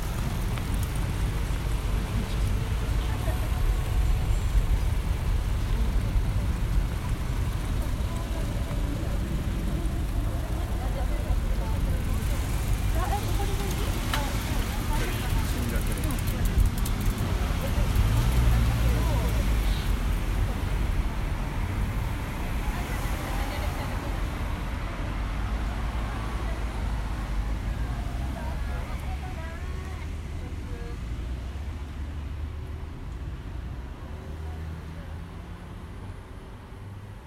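A field recording at Tokyo Olympic Stadium in Shinjuku: a thick, steady low rumble of traffic and passing vehicles, with a murmur of voices mixed in. Scattered brief clicks and knocks surface now and then, and the whole din eases slightly over the final ten seconds.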